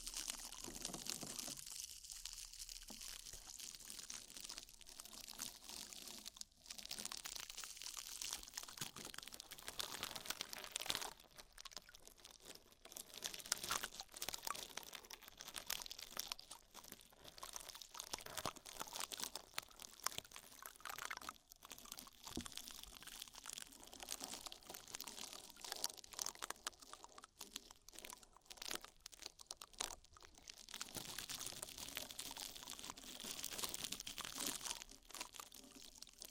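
An ear massage with oil and foam: dense, continuous crackling and crinkling with a wet, squishy quality, bright and hissy rather than low. Brief pauses break the texture near 6, 11, 21 and 30 seconds, and the rubbing swells and eases throughout.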